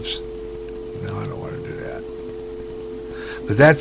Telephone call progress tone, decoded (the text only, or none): dial tone